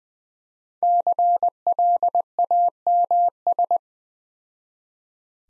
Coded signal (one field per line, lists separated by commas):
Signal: Morse code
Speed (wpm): 20 wpm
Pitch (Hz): 700 Hz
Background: none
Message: CLAMS